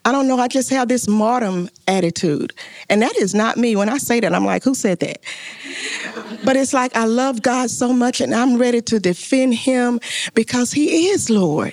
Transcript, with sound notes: I don’t know, I just have this martyrdom attitude, and that is not me. When I say that, I say, “Who said that?” (laughter) But it’s like, I love God so much, and I’m ready to defend Him because He is Lord.